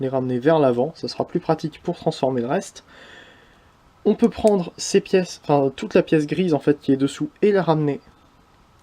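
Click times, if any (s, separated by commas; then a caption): none. Someone talks while handling a Transformers Siege Laserbeak & Ravage transforming robot toy, bringing the grey plastic underside panel forward to swing it up toward the body. Only speech and faint handling are heard, with no distinct click. The panel has not seated or clicked into place yet.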